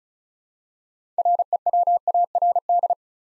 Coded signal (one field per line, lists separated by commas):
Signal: Morse code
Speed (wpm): 36 wpm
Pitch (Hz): 700 Hz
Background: none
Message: REWARD